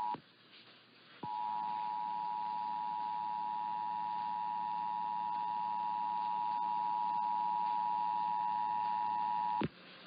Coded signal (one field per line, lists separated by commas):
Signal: Emergency Alert System (SAME) tones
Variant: 853 and 960 Hz attention tone